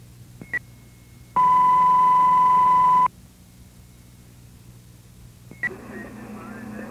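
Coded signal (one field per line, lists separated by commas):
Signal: pager alert tone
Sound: radio key-up click, then one steady 1.7-second mid-pitched tone, then hiss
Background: radio static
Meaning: Alert tone calling firefighters' attention before a dispatch announcement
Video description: Recording of the fire dispatch last call tone out for my Uncle, James Lindsay.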